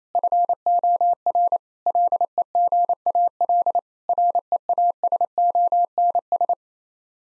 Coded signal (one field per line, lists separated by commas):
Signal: Morse code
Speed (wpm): 28 wpm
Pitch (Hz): 700 Hz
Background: none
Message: FOR LEGAL REASONS